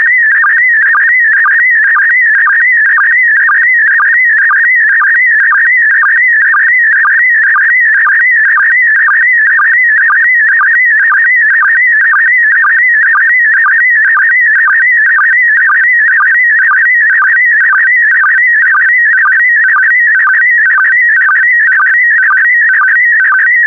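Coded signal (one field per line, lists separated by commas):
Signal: SSTV (slow-scan television)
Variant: PD120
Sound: continuous warbling, buzzing tone with a steady rhythm of short low blips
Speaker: complete. You can now check your decoded image against the picture that is shown on the video.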